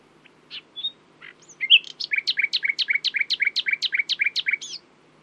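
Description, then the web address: Common nightingale song: varied introductory notes and whistles, then a rapid, even sequence of many sharp double notes, closing with a higher flourish. "owen Common Nightingale (Luscinia megarhynchos)"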